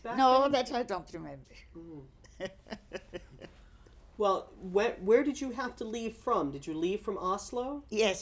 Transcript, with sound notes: No, that I don't remember. ( she laughs )
Well, where did you have to leave from? Did you leave from Oslo?
Yes.